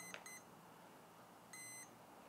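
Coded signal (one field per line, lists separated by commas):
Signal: beep code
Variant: Hobbywing ESC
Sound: two short high beeps and a click, then one longer high beep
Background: small room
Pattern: 2 short, 1 long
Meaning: The ESC's throttle range has been calibrated and it is ready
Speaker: put the throttle to full plug-in the ASC listen to the beeps two beeps then down to minimum and now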